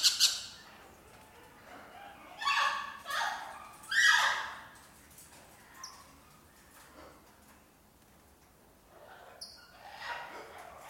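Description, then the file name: Birds making scattered squawks and short chirps, a cluster of loud harsh calls in the first half, then quieter sporadic notes. Birds in an indoor birdcage. "indoor birdcage birds"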